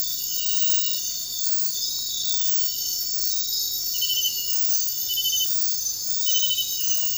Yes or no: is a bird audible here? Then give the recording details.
no. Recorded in dense forest near Puerto Asís, Putumayo, Colombia, on 21 February 2024 at 04:00. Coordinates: 0.500, -76.322. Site G6465